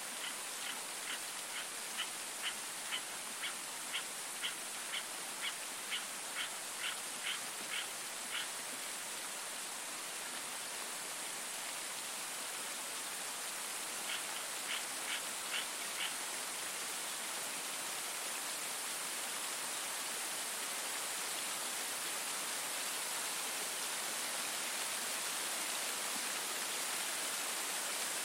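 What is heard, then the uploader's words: A steady, dense rush of spring rain hisses throughout, bright and unchanging. Over the first eight seconds a rapid, regular series of short chirping notes repeats, returning briefly around the fourteen-to-sixteen-second mark before the rain continues alone. A video and audio recording of a morning downpour for 30 min was made in the St. Marks National Wildlife Refuge. Spring Rain.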